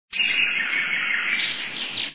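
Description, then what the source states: Birds calling in a dense, continuous chorus that holds steady throughout. Birds in a safari setting.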